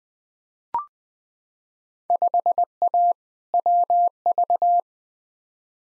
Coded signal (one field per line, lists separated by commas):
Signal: Morse code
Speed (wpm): 20 wpm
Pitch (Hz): 700 Hz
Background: none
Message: 5A WV